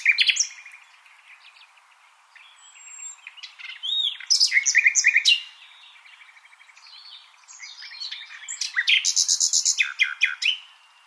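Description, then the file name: Common nightingale song: rich alternating phrases with fast repeated notes, whistles, buzzy trills and bursts of loud chattering, separated by short gaps. "Luscinia megarhynchos"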